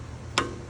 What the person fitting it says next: and that just pops right in.